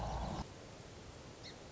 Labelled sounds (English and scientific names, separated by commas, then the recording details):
Song Sparrow (Melospiza melodia)
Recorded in Sonoma County, California